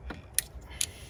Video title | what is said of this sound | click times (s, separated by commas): How to Clean or Replace your Throttle Body Ford Fusion 2010 - 2020 | All right, gonna connect your connection. Make sure it clicks in there. | 0.4 s, 0.8 s